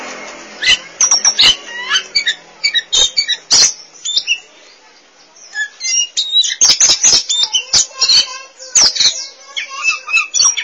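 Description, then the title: Oriental magpie-robin singing bursts of rapid clicks and chattering notes, with a quieter stretch in the middle before the song resumes. Song (kicauan). "Suara Kicauan Burung Kacer"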